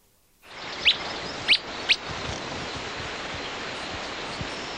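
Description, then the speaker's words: Willow Flycatcher whit calls: three quick, sharp rising notes in under a second and a half, then only steady rushing background noise. Whits given in response to the presence of a brown-headed cowbird; recorded in Grand Canyon beside the Colorado River. "The following whits were in response to the presence of a brown-headed cowbird."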